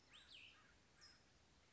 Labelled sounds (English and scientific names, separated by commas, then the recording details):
Cassin's Vireo (Vireo cassinii)
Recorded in Sonoma County, California